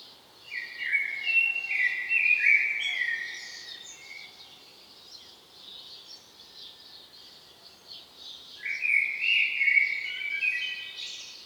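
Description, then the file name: Common blackbird singing two fluty, warbled phrases, each ending in higher twittery notes, separated by a pause of about four seconds. "Turdus merula"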